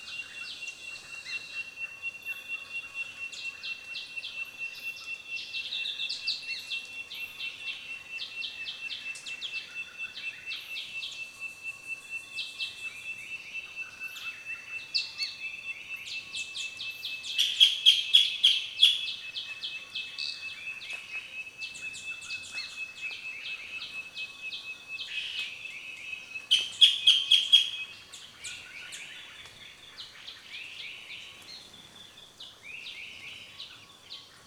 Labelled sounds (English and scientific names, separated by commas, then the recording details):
Olive-green Camaroptera (Camaroptera chloronota)
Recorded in Kibale, Uganda